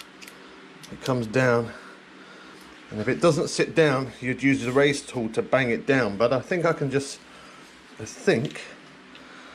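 A fitted component is placed over the top of a Samebike Lo26 version 2 electric bike and pressed down by hand, with someone talking throughout and two faint ticks at the very start. The part has not seated or clicked into place yet.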